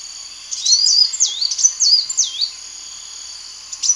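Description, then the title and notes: Bird song: a quick series of looping whistled notes, each dipping and rising, over a steady high-pitched drone, then quiet. "Bird Sound. Kicau Burung Lengkap"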